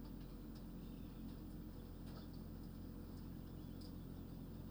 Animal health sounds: poultry house recording; healthy chickens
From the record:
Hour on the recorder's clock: 23

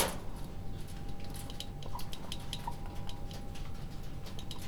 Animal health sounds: poultry house recording; healthy chickens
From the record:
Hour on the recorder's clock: 20

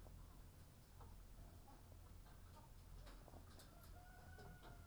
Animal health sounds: poultry house recording; sick chickens (respiratory disease)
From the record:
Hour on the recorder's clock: 10

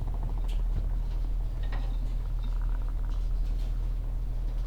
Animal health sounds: poultry house recording; sick chickens (respiratory disease)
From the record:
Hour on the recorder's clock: 16

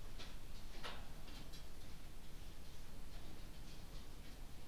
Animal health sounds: poultry house recording; no chicken sound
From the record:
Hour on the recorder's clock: 21

